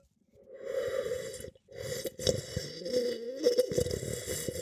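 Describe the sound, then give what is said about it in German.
Someone slurps a barrique-aged wine while tasting it: an airy, hissing suck through the liquid with bubbly gurgles, in two long drawn-in stretches split by a brief pause, fairly loud and with no talking. “So, jetzt trinke ich nicht erschrecken, schlürf wieder.”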